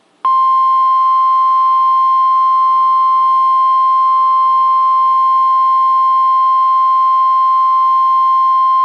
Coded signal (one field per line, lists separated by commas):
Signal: Emergency Alert System (SAME) tones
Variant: 1050 Hz attention tone